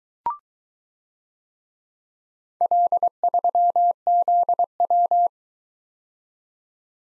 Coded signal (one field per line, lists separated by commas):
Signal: Morse code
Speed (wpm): 22 wpm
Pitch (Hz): 700 Hz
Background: none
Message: L3ZW